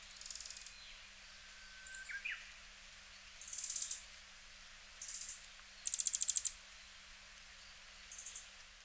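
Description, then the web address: Asian stubtail giving piercingly high, hissing phrases of rapid pulses, one louder trill in the middle, with a faint lower whistled note early on. Recorded in Hyogo, Japan. "koe yabusame 0906 hyogo kaji"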